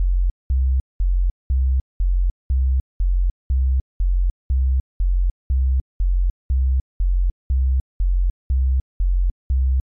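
Steady, very regular low-pitched thumps come about twice a second, alternating slightly in pitch like paired lub-dub beats at roughly 60 per minute. They sound smooth and tone-like, as if extracted or processed, with no background noise.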